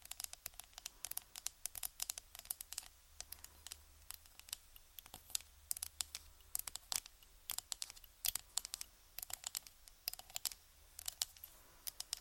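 Quick tapping on random objects runs through all twelve seconds as dense, irregular clicks and knocks, sharp and bright. The pace is busy and uneven, with small clusters and short gaps. A low, steady hum sits underneath throughout.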